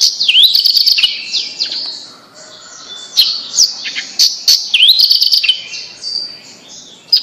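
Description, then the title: Bird song, rapid high chirps and dipping slurred whistles in loud bursts separated by quieter gaps. "Kicau Burung Yoi"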